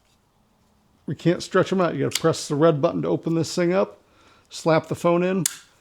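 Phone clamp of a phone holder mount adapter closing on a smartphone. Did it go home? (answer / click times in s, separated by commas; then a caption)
no / none. Someone talks while handling the spring-loaded phone clamp of a plastic action-camera phone holder mount adapter: they press its red release button to open it and place a smartphone in. Speech fills most of the clip. The clamp has not yet been closed down on the phone, so nothing has seated or clicked yet.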